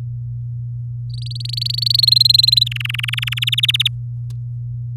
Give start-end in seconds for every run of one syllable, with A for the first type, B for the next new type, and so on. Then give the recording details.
1.10-2.01 A, 2.02-2.64 B, 2.66-3.39 C, 3.42-3.88 D. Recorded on 4 May 2018 at 05:54. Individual llb16